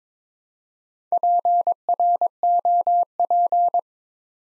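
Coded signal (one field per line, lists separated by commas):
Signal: Morse code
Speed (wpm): 22 wpm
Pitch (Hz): 700 Hz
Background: none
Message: PROP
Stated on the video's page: Morse practice set at 22 wpm building 8-letter words two letters at a time, for ICR training.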